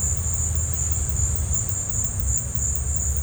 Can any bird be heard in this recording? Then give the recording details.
no. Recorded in dense forest near Puerto Asís, Putumayo, Colombia, on 20 December 2024 at 17:00. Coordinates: 0.468, -76.322. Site G071